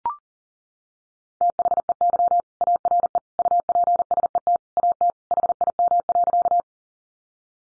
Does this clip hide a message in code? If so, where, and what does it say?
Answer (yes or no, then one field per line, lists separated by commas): yes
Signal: Morse code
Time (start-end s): 1.4-6.6 s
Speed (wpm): 40 wpm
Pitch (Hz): 700 Hz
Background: none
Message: THEY ARE UPSET AT HIM.